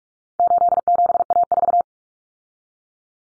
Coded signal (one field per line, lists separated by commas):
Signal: Morse code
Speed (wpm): 44 wpm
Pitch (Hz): 700 Hz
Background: none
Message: 87A4